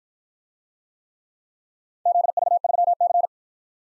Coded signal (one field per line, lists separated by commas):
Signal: Morse code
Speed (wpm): 54 wpm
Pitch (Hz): 700 Hz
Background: none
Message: ZV3C